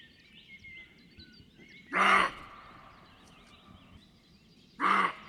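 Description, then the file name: Roe deer giving two loud, harsh barks nearly three seconds apart, with thin bird calls and twittering in the background. "Capriolo da xenocanto"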